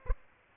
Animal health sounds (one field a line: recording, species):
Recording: mosquito wingbeat signal from an infrared sensor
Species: Aedes aegypti